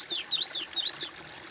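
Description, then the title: Bird song: three looping whistles in quick succession, each dipping down after a high peak, then quiet hiss. "kOMPILASI suara bird"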